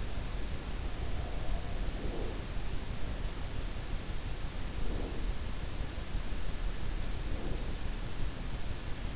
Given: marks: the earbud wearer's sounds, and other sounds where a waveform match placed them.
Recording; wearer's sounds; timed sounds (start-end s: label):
sounds in sleep by an in-ear microphone; breath
1.97-2.39 s: breath
4.84-5.23 s: breath
7.24-7.69 s: breath